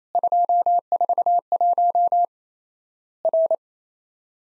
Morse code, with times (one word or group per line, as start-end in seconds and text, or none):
0.2-2.2 241
3.2-3.5 R